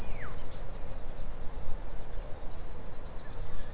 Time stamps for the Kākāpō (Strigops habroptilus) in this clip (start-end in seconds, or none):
none